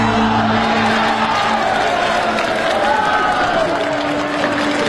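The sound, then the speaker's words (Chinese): A crowd of workers cheers loudly and steadily on hearing that Leng Feng will take everyone away, a dense wash of overlapping shouts and whoops that holds at full strength for about five seconds without pause. “冷风要带所有人走，他的话音刚落，现场的工人立刻欢呼起来。”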